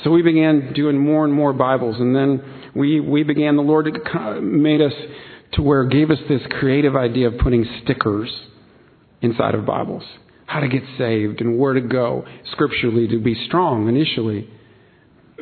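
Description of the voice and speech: Steady, fluent-sounding adult male narration broken by brief disfluencies: a repeated 'we, we began', a held consonant before 'made', a stretched 's', and a revised phrase. These are mild stuttering moments: repetitions and prolongations within otherwise forward-moving speech.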